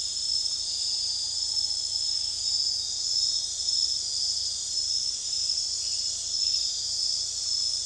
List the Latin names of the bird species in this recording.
none